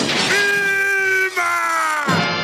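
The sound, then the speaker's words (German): A loud, drawn-out scream by actor Heinz-Theo Branding from the cartoon series The Flintstones (German: Familie Feuerstein) holds one steady pitch for nearly two seconds, breaking briefly in the middle before carrying on, with noisy bursts at the start and finish. “Und Branding ist außerdem durch einen Schrei für immer mit einer berühmten Cartoon-Serie verbunden.”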